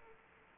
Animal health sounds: mosquito wingbeat signal from an infrared sensor; Aedes aegypti

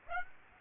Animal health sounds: mosquito wingbeat signal from an infrared sensor; Aedes aegypti

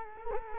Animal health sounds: mosquito wingbeat signal from an infrared sensor; Culex quinquefasciatus

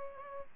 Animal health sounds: mosquito wingbeat signal from an infrared sensor; Aedes albopictus

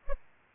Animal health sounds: mosquito wingbeat signal from an infrared sensor; Aedes aegypti

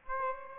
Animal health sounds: mosquito wingbeat signal from an infrared sensor; Aedes aegypti

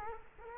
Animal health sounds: mosquito wingbeat signal from an infrared sensor; Culex quinquefasciatus

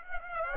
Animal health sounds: mosquito wingbeat signal from an infrared sensor; Aedes aegypti

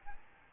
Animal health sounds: mosquito wingbeat signal from an infrared sensor; Aedes albopictus

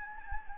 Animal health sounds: mosquito wingbeat signal from an infrared sensor; Anopheles gambiae

